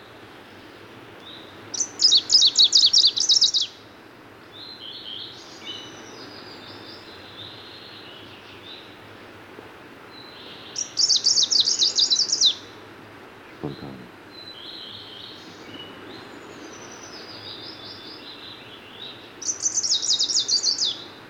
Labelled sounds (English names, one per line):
Greenish Warbler song